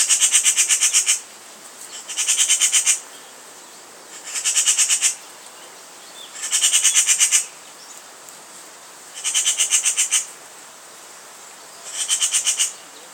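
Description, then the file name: Eurasian magpie giving harsh rattling chatters, each burst about a second long and repeated every two to three seconds, six bursts in all. "Pica pica"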